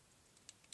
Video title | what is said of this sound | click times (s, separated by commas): Haul Craftelier : c est parti pour le plein de stock ! | gratter donc j'ai fait ce tampon là et vous clipez le | 0.5 s, 0.7 s